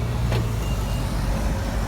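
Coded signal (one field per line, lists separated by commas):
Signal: beep code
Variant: Nissan intelligent key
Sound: a click, then two quick high beeps over low engine rumble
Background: vehicle engine rumble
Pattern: 2 short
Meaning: The vehicle has been locked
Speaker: one push and I get two beeps and now we're lost again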